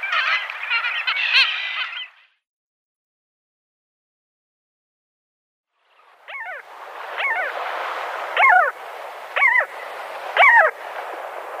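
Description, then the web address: Arctic skua calls: a brief burst of overlapping nasal notes, silence, then single wavering yelps repeated about once a second over a low hiss. Calls given at the nest. "Schulze Peter Arctic Skua"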